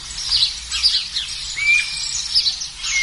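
Guira cuckoo calls, a busy mix of high chirps and whistled notes from several birds, with one rising whistle standing out midway, all over a low steady rumble.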